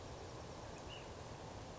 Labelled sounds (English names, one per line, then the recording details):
Ash-throated Flycatcher
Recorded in Sonoma County, California